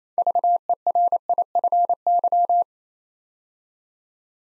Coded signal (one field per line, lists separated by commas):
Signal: Morse code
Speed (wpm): 29 wpm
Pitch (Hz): 700 Hz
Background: none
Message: VERIFY